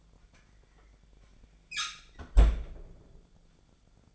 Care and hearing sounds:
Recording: daily activity, microphone in the room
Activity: close fridge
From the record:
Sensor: 5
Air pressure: 1009.8 hPa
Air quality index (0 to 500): 161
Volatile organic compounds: 4 ppm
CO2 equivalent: 1564 ppm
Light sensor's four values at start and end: 126/319/134/142 and 124/317/132/141

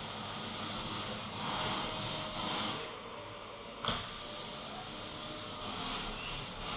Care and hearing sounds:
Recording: daily activity, microphone in the room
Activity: vacuum cleaning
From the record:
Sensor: 4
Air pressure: 1002.9 hPa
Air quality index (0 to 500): 242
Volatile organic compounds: 18 ppm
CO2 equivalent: 2631 ppm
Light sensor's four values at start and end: 5/12/4/5 and 5/11/4/5

